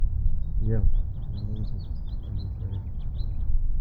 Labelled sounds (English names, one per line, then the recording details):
House Finch song
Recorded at Atlantic Beach West on Long Island, New York, on 2 June 1975
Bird B